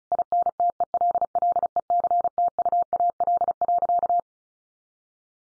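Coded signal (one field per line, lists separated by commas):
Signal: Morse code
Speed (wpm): 34 wpm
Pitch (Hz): 700 Hz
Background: none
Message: INTELLECTUAL.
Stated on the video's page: Morse head-copy practice at 35 wpm, each sentence followed by spoken text and repeated in Morse.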